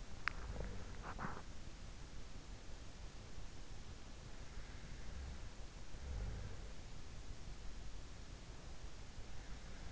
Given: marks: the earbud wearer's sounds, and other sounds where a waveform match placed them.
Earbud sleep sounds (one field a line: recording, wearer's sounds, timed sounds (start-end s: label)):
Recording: sounds in sleep by an in-ear microphone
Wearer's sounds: teeth grinding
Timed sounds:
0.00-1.62 s: teeth grinding
4.65-6.99 s: sound from someone else or the room